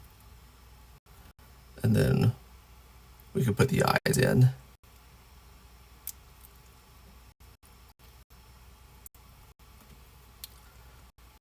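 Small plastic eye pieces are handled for pressing into the head of a toy robot while someone talks. Faint handling ticks follow in a quiet room, and nothing has seated or clicked yet.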